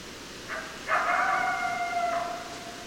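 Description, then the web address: Coyote howls, a short note and then a longer steady wail of over a second, with steady background hiss. Recorded 10 December 2012. "sounds mammals Coyote 2012 12 10 Coyotes"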